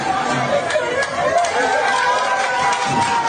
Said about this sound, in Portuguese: A salva de palmas do brasileiro. Comemorando porque tava viva.